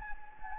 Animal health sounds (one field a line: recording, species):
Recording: mosquito wingbeat signal from an infrared sensor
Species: Anopheles gambiae